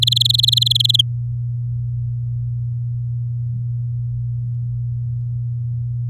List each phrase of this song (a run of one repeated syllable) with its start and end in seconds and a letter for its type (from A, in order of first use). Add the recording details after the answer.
0.02-1.01 A. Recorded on 6 May 2018 at 07:43. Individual llb16